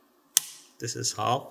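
The adjustment knob on an external fixator strut is turned a further half turn until its detent gives a single sharp click at 0.4 s, and the knob seats. Someone talks right after the click.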